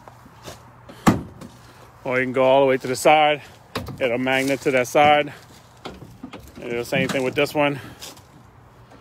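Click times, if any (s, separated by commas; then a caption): none. Someone handles the other rear cargo door hold-open stop on a new 2020 Ford Transit Base Low-Roof F-250 Crew Van with a rear-wheel 3.5L V6, opening the second rear door toward its locked-open position. A single sharp hit sounds near 1.1 s, followed by quieter taps while someone talks. The clip ends before the part goes home, so nothing has seated or clicked yet.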